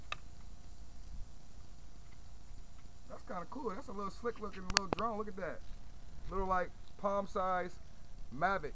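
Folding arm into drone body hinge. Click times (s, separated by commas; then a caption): 0.1 s. A folding plastic arm on a Topvision X39-1 mini drone is unfolded into its hinge on the drone body until it clicks into its detent, giving one sharp, short tick at 0.1 s. The arm seats, and someone then talks.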